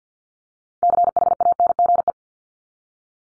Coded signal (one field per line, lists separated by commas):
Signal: Morse code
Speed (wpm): 50 wpm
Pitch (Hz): 700 Hz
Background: none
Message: CHANGE